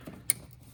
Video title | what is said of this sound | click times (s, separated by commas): 2015-2019 Kia Sedona HID headlight replacement | Okay. Make sure that they click into place. | 0.3 s